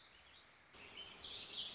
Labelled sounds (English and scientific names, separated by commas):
Warbling Vireo (Vireo gilvus)